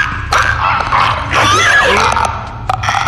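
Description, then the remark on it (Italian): A video game monster, blinded by fungal spores and locating by sound, gives its clicking call: a loud, rapid, rattling string of throaty clicks mixed with raspy, strained groans, lasting about three seconds with no talking. Designed as a reworking of bat and dolphin sonar, using no animal sounds. “Quando incappiamo in queste creature, sentiremo dei versi simili a dei click, come questi.”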